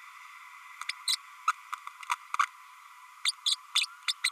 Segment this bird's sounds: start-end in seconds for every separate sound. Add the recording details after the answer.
0.89-0.92, 1.07-1.16, 1.47-1.52, 1.72-1.75, 2.39-2.45, 3.25-3.32, 3.46-3.55, 3.75-3.86, 4.08-4.13, 4.24-4.29. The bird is a female. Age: 32 days. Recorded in a nest box in Venezuela. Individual 17B32A7